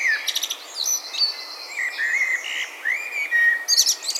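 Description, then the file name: Common blackbird's flowing whistled phrases running almost continuously, with high rattling twitters at the start and end. "Turdus merula"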